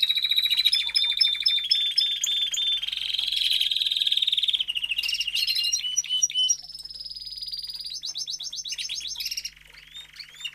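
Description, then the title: Domestic canary singing a continuous varied song of fast rolled trills, buzzy sustained phrases and short whistled notes that shift in pitch every second or two. Male Belgian canary singing a lot, used to warm up young canaries within 30 minutes. "Canary Training Esquente Seu Filhote E Canario Belga Em 30 Minutos Macho Cantando Muito"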